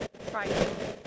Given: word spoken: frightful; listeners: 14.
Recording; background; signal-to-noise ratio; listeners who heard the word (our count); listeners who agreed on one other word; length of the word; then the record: one English word in noise, from a listening test; noise modulated by three-talker babble; -7.9 dB; 0 of 14; 10 of 14; 0.68 s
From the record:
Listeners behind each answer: 10, 2, 1, 1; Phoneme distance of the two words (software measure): 24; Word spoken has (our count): 2 syllables, 7 phonemes, stress on syllable 1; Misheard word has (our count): 2 syllables, 5 phonemes, stress on syllable 1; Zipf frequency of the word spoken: 2.97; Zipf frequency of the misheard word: 3.51